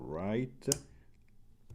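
During reassembly of a Two Sun 033 folding knife, the backspacer is handled in position in the handle with the stop pin set, while someone talks. A brief sharp tap comes at about 0.7 s, followed by faint light ticks near the end. The backspacer has not snapped into place yet, and nothing has seated or clicked.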